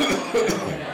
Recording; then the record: coughing mixed with background sound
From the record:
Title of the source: Spring Cold Coughing 3